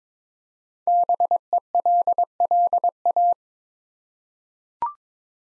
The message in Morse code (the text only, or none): BELLA